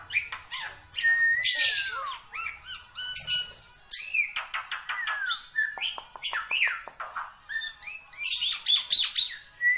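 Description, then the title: Black-winged myna song, dense and varied: sliding whistles, sharp clicks and buzzy bursts following one another rapidly. Dense, frequently singing bird with many variations, used as a master recording for training songbirds. "Kicauan Rapat Jalak Putih Gacor Banyak Variasi Untuk Masteran"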